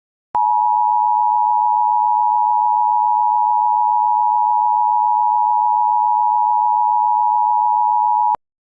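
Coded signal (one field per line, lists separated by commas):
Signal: Emergency Alert System (SAME) tones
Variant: 853 and 960 Hz attention tone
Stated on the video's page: Mock EAS alert built from an EASyPLUS template, with a National Weather Service Miami mess-up.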